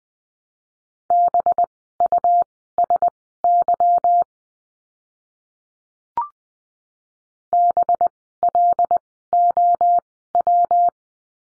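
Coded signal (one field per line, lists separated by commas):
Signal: Morse code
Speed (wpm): 20 wpm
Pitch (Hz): 700 Hz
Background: none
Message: BUSY BLOW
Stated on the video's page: Morse course lesson, letter B words, at Farnsworth speed of 20/10 wpm.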